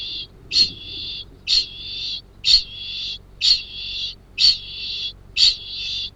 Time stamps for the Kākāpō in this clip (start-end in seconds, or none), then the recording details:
0.00-6.14. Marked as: faintness 2/5. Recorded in New Zealand. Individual Arab